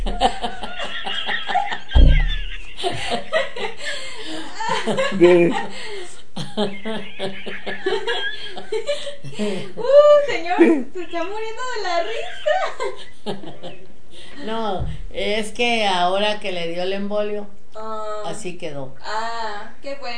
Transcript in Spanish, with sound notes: Señor, se está muriendo de la risa. (risas)
No, es que ahora que le dio el embolio así quedó.
¡Ah, qué bueno!